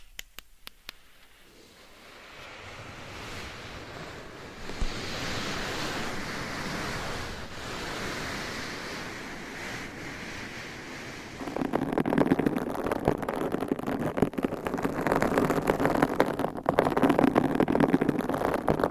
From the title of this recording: Scratching , Tapping & Massage with DIFFERENT Mics , Items & Nails